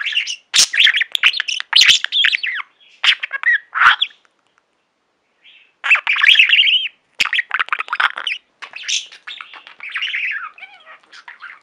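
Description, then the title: Budgerigar warbling chatter in loud bursts of chirps and clicks, broken by a gap of about two seconds near the middle. "Budgie Sounds"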